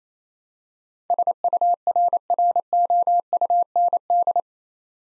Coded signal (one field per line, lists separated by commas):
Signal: Morse code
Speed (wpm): 28 wpm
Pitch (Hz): 700 Hz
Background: none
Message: SURROUND